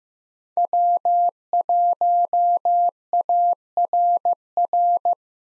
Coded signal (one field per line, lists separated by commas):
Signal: Morse code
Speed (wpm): 15 wpm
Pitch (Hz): 700 Hz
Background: none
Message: W1ARR